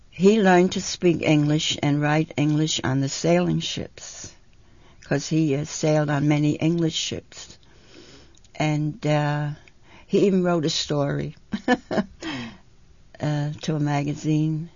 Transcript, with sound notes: He learned to speak English and write English on the sailing ships, because he had sailed on many English ships. And he even wrote a story ( she laughs ) to a magazine